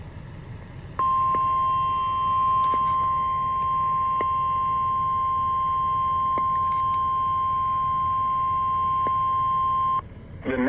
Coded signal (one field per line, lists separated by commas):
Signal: Emergency Alert System (SAME) tones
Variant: 1050 Hz attention tone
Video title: Enhanced.. Bust? Enhanced Risk EAS Alerts from 6/30/24 (EAS #1,123-1,138)